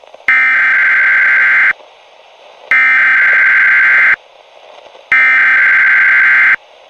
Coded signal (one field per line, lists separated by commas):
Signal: Emergency Alert System (SAME) tones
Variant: header bursts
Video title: Disney Junior The Channel (My AU) South Carolina COVID-19 Emergency Alert System Announced (5/22/15)